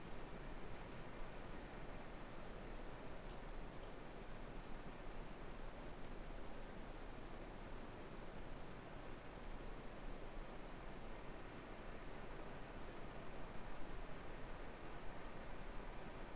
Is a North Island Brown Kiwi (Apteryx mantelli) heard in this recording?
no